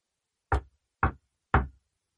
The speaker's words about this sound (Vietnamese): Tiếng gõ cửa nhẹ nhẹ vang lên.